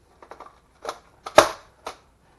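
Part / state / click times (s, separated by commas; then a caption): hand tool into plastic holder clip in tool case / seated / 1.4 s. A hand tool is pressed back into its molded plastic holder clip in a tool case. A few light plastic clicks and rattles lead up to a sharp, bright snap at 1.4 s, followed by one more small tap. The tool seats in the clip.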